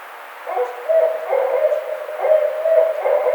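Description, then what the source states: Barred owl hooting: a run of low, wavering hoots in quick succession after a brief quiet start. Recorded 3 May 2009.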